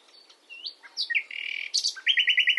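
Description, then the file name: Common nightingale song with varied whistled slurs, a steady buzzy note, then a quick run of repeated bright notes at the end. "Luscinia megarhynchos"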